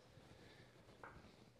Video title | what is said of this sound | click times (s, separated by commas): Not Enough 18 CVO | you'll hear your left click as it goes through its different safety points | 1.0 s